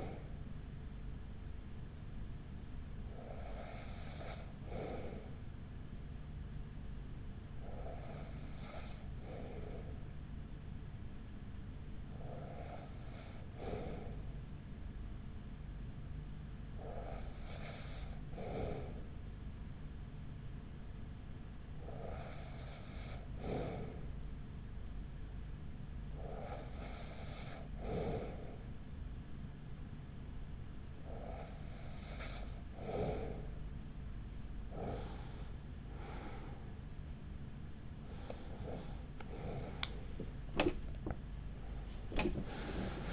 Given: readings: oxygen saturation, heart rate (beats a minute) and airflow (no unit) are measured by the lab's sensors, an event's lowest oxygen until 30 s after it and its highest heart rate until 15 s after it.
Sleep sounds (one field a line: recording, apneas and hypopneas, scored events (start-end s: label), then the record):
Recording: breathing in sleep by a smartphone at the bedside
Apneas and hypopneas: 1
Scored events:
6.00-36.50 s: hypopnea (N1, oxygen 95% highest, then 94% lowest, heart rate 37 at the start, 64 highest)
13.00-43.13 s: new sleep stage, N2 (light sleep)
From the record:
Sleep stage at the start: N1 (lightest sleep)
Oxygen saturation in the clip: 94 to 95%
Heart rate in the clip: 37 to 49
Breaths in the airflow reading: 10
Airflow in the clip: -6.1 to 8.1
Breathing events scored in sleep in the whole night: 207 in 7.6 hours asleep